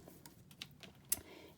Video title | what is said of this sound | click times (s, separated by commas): Baby Trifold Waterfall Folio Album 2023 - Graphic 45 - Little One | and now it'll give a little click click | 0.6 s, 1.1 s